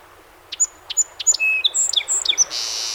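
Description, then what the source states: Song sparrow singing three crisp opening notes, a steady whistle, rapid mixed chirps, ending in a broad buzzy trill that runs to the end. Recorded 7 June 2018; 21 songs.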